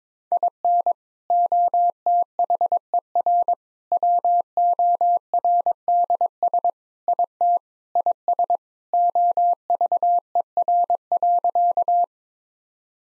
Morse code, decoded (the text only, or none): IN OTHER WORDS IT IS OVER.